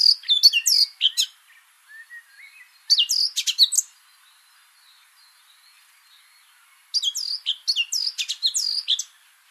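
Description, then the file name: Eurasian blackcap giving short bursts of rapid, scratchy warbling, three phrases separated by pauses, with a soft thin note in the first gap. "Sylvia atricapilla"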